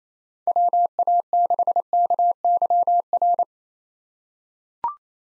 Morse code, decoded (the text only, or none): WA6KYR